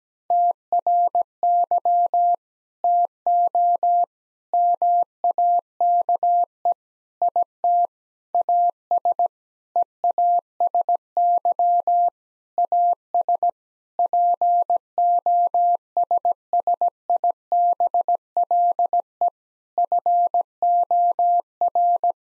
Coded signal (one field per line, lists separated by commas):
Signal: Morse code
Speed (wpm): 17 wpm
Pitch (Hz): 700 Hz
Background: none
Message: TRY TO MAKE IT AS EASY AS POSSIBLE FOR